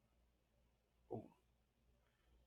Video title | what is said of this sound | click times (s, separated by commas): Let's Build.. Mega Bloks Call of Duty 06816 Chopper Strike 2014 | popped them right out of the joint though | 1.1 s